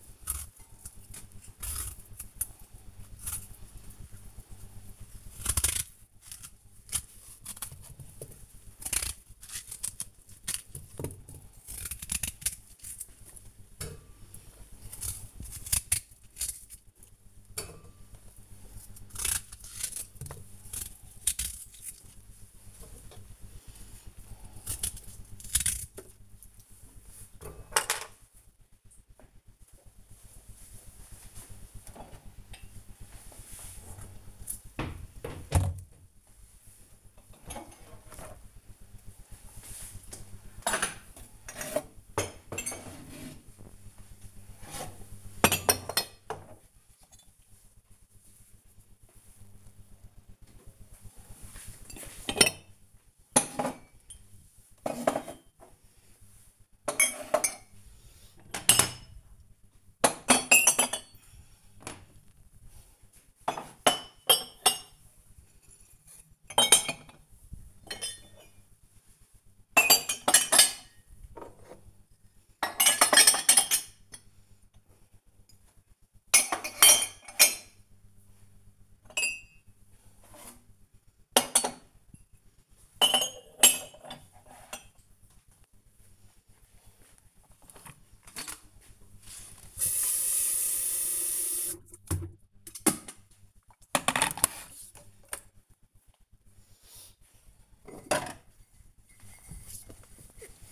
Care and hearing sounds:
household activities, microphone on the right wrist
0.00-27.15 s: cutting vegetables
50.28-82.54 s: putting away the dishes
88.58-100.72 s: making tea

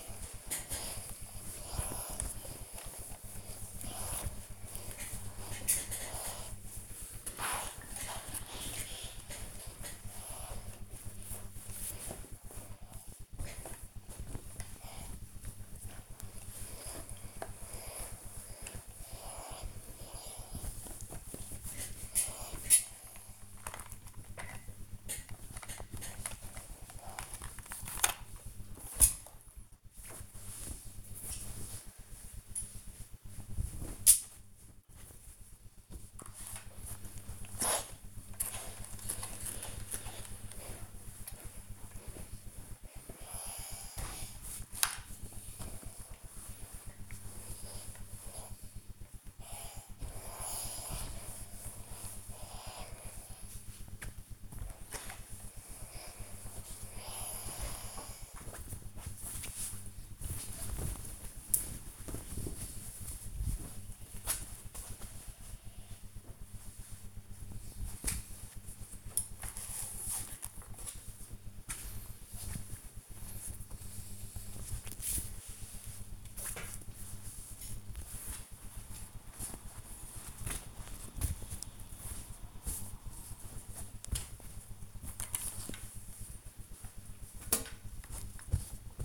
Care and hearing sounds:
household activities, microphone on the right wrist
0.00-89.05 s: ironing laundry

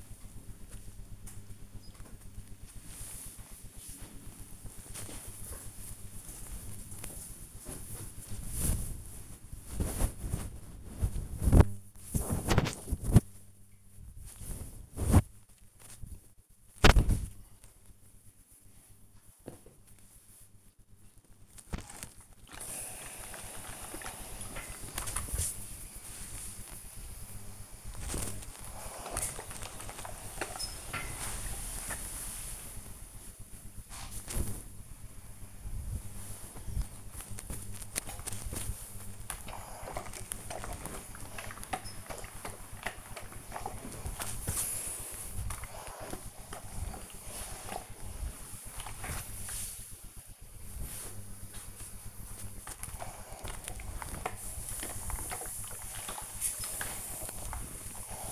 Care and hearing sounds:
household activities, microphone on the right wrist
1.23-58.32 s: ironing laundry

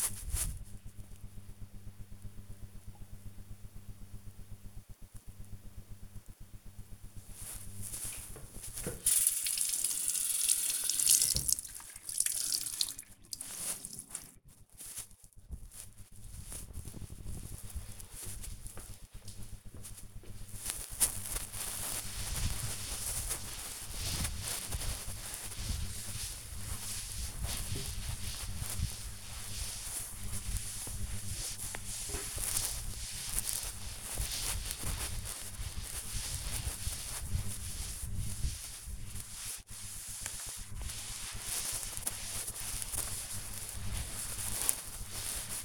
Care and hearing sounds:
household activities, microphone on the right wrist
6.84-45.65 s: cleaning table

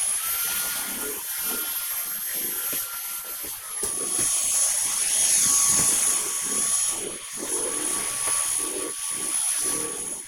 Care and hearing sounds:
household activities, microphone on the right wrist
0.00-10.28 s: vacuum cleaning

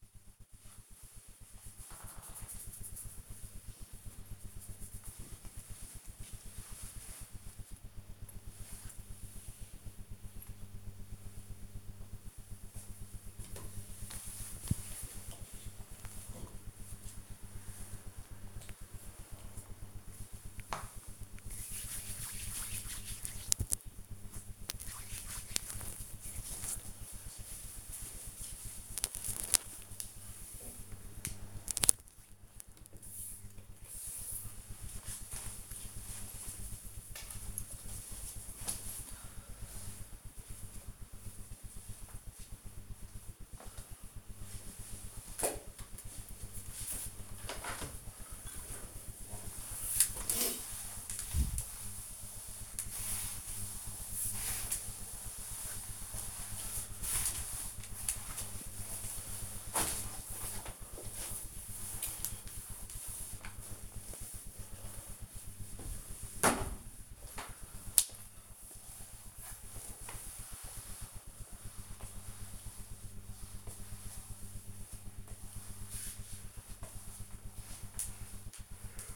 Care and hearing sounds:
household activities, microphone on the right wrist
12.91-32.06 s: cream hands
45.19-79.16 s: floor cleaning

